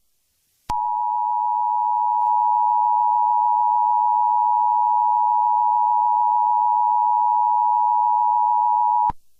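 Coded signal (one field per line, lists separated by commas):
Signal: Emergency Alert System (SAME) tones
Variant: 853 and 960 Hz attention tone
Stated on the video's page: Fictional EAS scenario of a hurricane.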